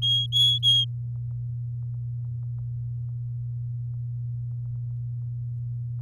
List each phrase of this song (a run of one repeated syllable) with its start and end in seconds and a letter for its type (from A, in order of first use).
0.02-0.85 A